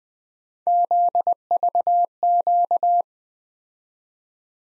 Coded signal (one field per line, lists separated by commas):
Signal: Morse code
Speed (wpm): 20 wpm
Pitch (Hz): 700 Hz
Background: none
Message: ZVQ